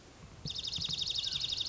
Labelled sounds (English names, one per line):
Dark-eyed Junco